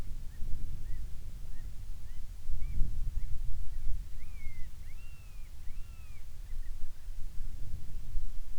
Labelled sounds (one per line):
bird
wind